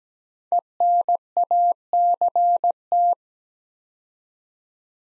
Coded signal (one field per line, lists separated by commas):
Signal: Morse code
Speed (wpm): 17 wpm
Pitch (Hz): 700 Hz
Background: none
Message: ENACT